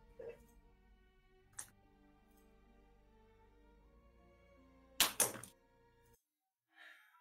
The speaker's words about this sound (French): C'est un stylo qui est tombé.